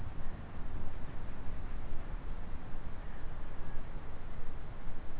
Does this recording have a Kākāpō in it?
no